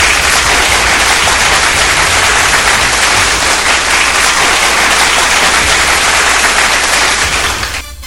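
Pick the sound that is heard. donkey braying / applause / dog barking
applause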